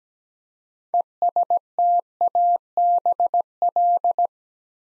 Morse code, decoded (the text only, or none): ESTABL